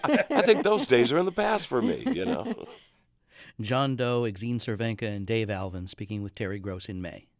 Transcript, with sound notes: I think those days are in the past for me, you know.
(LAUGHTER)
John Doe, Exene Cervenka and Dave Alvin speaking with Terry Gross in May.